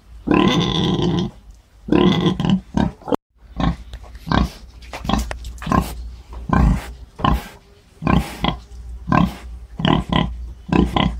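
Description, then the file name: Wild boar giving a long, harsh squealing grunt, then a steady run of short snorting grunts. "Cinghiale Maiale (Sus scrofa)"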